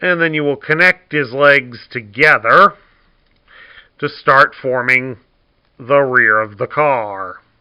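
A man talks while the two plastic legs of a Transformers Studio Series #62 Soundwave action figure are handled to be connected together to form the rear of the car, with only faint, soft handling sounds in a pause around 3.3 s. The legs have not yet clicked together; nothing has seated yet.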